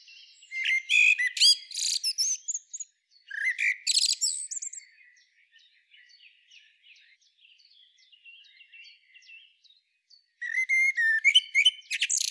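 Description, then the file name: Common blackbird song: loud phrases of high squeaky notes and sweeps, a long quieter passage of soft twitters, then a strong new phrase. "Turdus merula"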